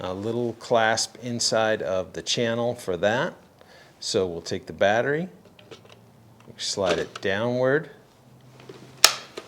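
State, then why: Seated. Someone talks as a slide-in battery pack for a Litheli U20 cordless pole saw is pushed down the channel of the grip until its key engages the clasp inside. A sharp click is heard at 9.0 s as the battery seats and locks into the handle.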